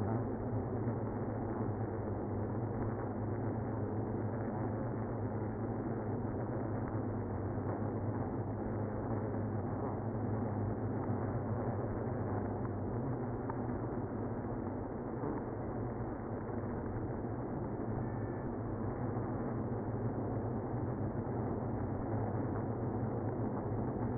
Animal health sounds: honeybee colony, microphone inside the hive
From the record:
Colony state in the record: queenless (queen removed); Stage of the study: after two queens were removed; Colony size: about 60,000 bees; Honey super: yes

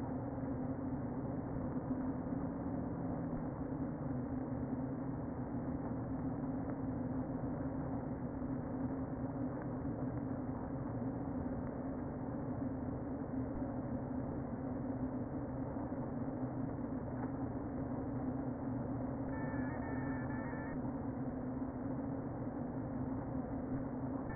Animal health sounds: honeybee colony, microphone inside the hive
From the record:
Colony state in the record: queen present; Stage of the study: before two queens were removed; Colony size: about 60,000 bees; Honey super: yes

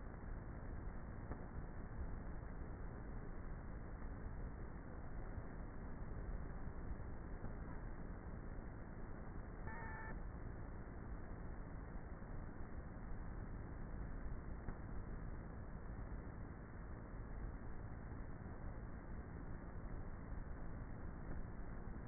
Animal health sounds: honeybee colony, microphone inside the hive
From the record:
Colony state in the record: queenless with a low population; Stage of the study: before two queens were removed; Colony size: about 30,000 bees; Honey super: no

